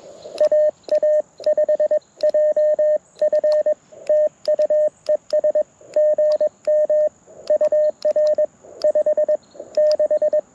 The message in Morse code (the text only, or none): AA5JF TU ES GM UR 56